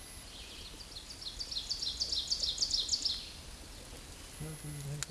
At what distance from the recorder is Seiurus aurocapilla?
about 35 m